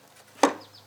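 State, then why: Seated. The spring arm on a Decked drawer system in a Tundra truck bed is pulled until it snaps home, giving one sharp, bright click at 0.4 s that fades quickly against a quiet background. The arm clicks into place and is seated.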